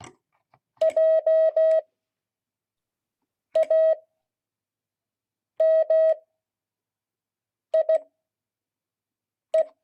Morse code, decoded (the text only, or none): JAMIE